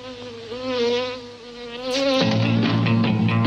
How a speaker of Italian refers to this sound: Accidenti alle zanzare.